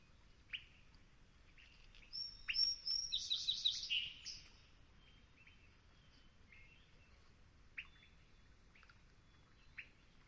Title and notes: Long Swamp, Dawn. The morning starts crisp, clear, and early, with the first local voice an early-rising Song Sparrow